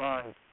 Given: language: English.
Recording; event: throat vibration sensor signal played as sound; speech